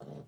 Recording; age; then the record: pig call; piglet (1 to 25 days)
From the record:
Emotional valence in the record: negative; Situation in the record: long isolation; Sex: female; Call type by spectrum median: low-frequency call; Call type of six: low-frequency stable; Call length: 0.28 s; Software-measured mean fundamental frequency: 66 Hz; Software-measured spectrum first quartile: 169 Hz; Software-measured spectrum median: 316 Hz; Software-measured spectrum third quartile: 562 Hz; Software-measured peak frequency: 436 Hz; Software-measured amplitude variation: 165 dB a second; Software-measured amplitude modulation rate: 21.6 a second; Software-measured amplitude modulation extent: 7.6 dB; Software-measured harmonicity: -1.0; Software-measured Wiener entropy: 0.05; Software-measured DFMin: 1287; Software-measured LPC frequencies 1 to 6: 511, 3120, 4196, 5607, 7084, 8194 Hz